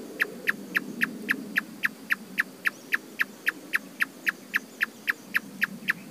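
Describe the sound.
Marsh tapaculo with a steady run of short clicking notes, about three or four a second, over a low background rumble.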